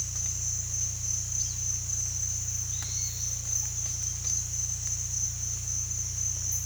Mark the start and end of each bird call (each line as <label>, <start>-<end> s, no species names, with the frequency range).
bird call (3.6-5.8 kHz), 1.36-1.55 s
bird call (1.7-5.0 kHz), 2.70-3.25 s